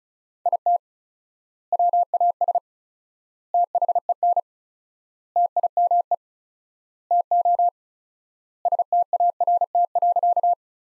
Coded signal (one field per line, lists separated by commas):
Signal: Morse code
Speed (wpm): 36 wpm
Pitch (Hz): 700 Hz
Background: none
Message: IT WAS THEN TIME TO START.